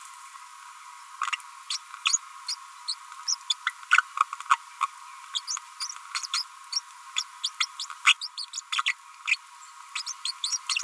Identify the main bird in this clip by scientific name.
Forpus passerinus